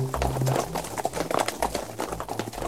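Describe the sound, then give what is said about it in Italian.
Horse hooves clip-clop in a quick, uneven rhythm, each sharp knock fairly loud, over a steady low rumbling hum with no voices. “Nelle grandi città di quegli anni, ma è bene tener presente che il problema emergeva anche in aree urbane minori, la presenza dei cavalli per gli usi più diversi, pubblici, privati, aveva raggiunto cifre impressionanti.”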